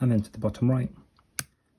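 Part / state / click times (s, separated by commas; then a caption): laptop keycap onto keyboard scissor clip / seated / 1.4 s. Someone talks while pressing on the bottom left and then the bottom right of a plastic MacBook Pro keycap (A2141, A2251, A2289, A2338, Intel & M1, 2019–2021). A sharp click at 1.4 s is heard as the keycap snaps onto the keyboard's scissor clip, seating it in place.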